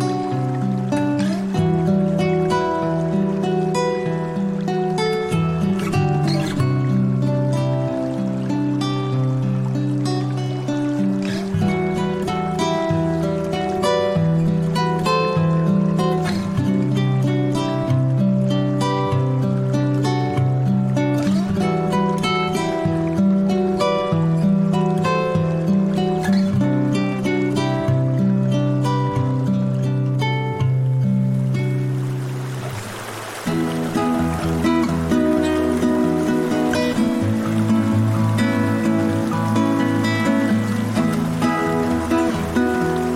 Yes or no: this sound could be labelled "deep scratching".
no